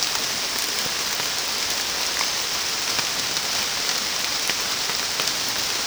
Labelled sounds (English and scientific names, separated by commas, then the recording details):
none
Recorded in secondary vegetation near Puerto Asís, Putumayo, Colombia, on 27 June 2025 at 16:30
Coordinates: 0.484, -76.319
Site G074